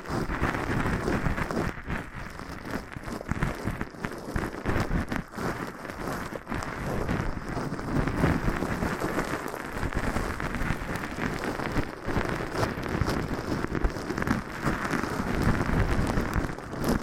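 Floral foam is worked and crumbled in a dense, unbroken crackle that runs the full length. Countless tiny crunches and pops pile together like rain on a surface, with a few sharper bursts near two and five seconds, and the loudness stays fairly even throughout.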